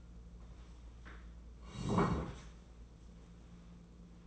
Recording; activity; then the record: daily activity, microphone in the room; sit down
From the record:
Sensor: 1